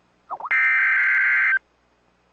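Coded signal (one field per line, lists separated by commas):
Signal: Emergency Alert System (SAME) tones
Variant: header bursts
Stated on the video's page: Real Tornado Warning.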